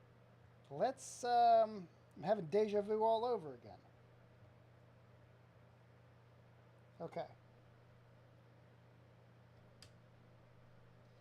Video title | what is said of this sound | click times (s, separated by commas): Repairing an audio cassette deck | there's the click | 9.8 s